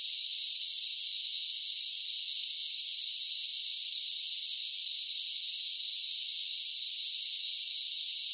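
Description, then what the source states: Many cicadas buzz together in an unbroken, even, high-pitched hiss that holds at the same level throughout. Large groups of cicadas singing together.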